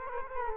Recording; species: mosquito wingbeat signal from an infrared sensor; Culex quinquefasciatus